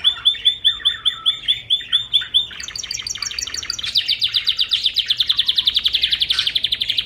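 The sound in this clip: Bird song: a row of quick downslurred chirps, then a dense, rapid buzzy trill at high pitch that runs to the end.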